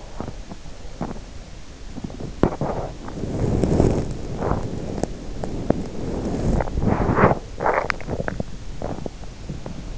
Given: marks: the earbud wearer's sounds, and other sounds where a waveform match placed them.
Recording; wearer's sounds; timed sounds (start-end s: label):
sounds in sleep by an in-ear microphone; teeth grinding, body movement, swallowing
0.00-2.83 s: teeth grinding
2.90-7.50 s: body movement
7.50-8.59 s: swallowing
8.71-9.96 s: body movement